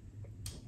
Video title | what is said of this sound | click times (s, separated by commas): H&K Armorer Tips, Tools and Procedures For Cleaning a MP5 | you'll get about a half a turn with this and then you'll hear a pop and that'll come off so first the bolt | 0.5 s